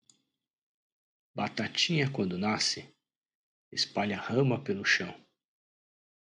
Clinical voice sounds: short text; Brazilian Portuguese; male; 40 to 49 years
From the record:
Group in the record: control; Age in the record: 42 years

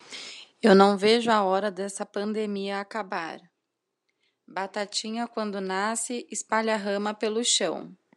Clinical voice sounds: short text; Brazilian Portuguese; female; 30 to 39 years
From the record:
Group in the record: control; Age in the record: 36 years

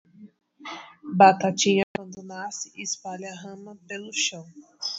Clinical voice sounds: short text; Brazilian Portuguese; female; 30 to 39 years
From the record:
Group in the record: control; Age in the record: 36 years

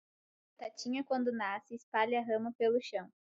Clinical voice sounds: short text; Brazilian Portuguese; female; 18 to 19 years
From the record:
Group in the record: control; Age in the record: 18 years

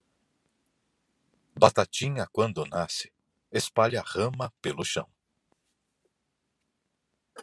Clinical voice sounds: short text; Brazilian Portuguese; male; 40 to 49 years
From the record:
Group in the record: control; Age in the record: 49 years

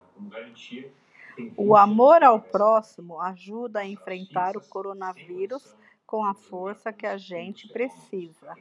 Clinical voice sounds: spoken sentence; Brazilian Portuguese; female; 50 to 59 years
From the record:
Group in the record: control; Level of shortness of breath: 0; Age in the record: 55 years

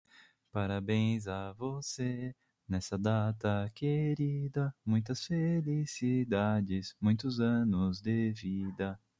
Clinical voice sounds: short text; Brazilian Portuguese; male; 20 to 29 years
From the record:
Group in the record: control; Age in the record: 29 years

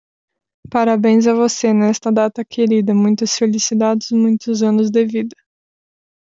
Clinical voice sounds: short text; Brazilian Portuguese; female; 20 to 29 years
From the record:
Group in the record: control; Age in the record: 22 years

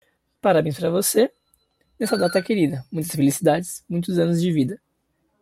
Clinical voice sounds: short text; Brazilian Portuguese; male; 20 to 29 years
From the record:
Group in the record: control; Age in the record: 21 years

